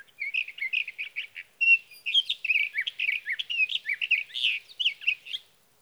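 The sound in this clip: Sage thrasher pouring out a continuous song of quick, tumbling warbled phrases with one short gap, the notes bright, slurred and constantly changing.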